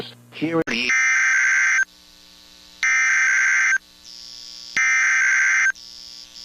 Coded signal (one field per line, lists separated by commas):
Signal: Emergency Alert System (SAME) tones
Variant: header bursts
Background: speech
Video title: EAS #2,510-2,512 Required Weekly Tests 2/11/26